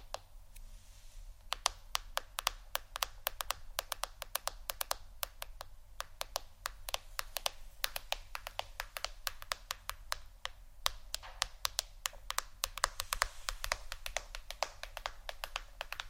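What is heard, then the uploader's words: Fingers tap on a phone or tablet screen in a quick, irregular stream of sharp clicks that begins about a second and a half in and continues to the end. The taps bunch into busy runs, some louder than others, over a steady low hum. ASMR Phonetablet Tapping（No Talking）.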